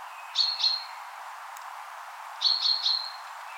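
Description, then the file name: Common chaffinch calls: two bursts of short, high, sharp notes with brief whistled tails, about two seconds apart, over a soft steady hiss. "Fringilla coelebs"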